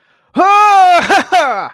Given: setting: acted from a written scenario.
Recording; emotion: vocal sound without words; elation